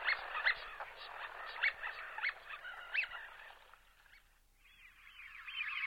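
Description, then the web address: Eurasian wigeon whistling: a run of quick, repeated whistled notes for about four seconds, then a brief pause and a softer burst of similar calls. "Cursus Vogelzang Smient"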